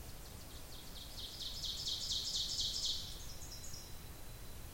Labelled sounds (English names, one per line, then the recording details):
Ovenbird song
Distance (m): 35 m
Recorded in boreal forest in Alberta, Canada, on 26 May 2016 at 07:30
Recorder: SongMeter 3, array SBT-3-15
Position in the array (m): 38 m, 234 m
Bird 20